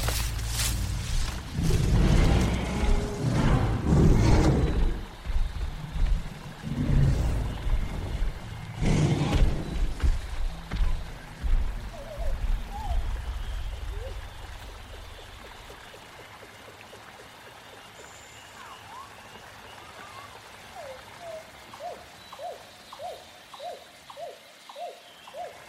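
Dinosaur sounds: heavy, rumbling growls and roars surge in bursts through the first ten seconds, deep and rough. The level then drops, leaving a low hiss with small chirping calls that repeat in a quick, regular string near the end.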